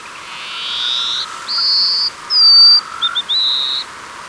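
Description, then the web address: Plain-colored seedeater song of thin buzzy notes and clear high whistles, some falling slightly, spaced through the phrase over a soft hiss. Recorded in Ecuador. "Birds of Ecuador Plain-Colored Seedeater"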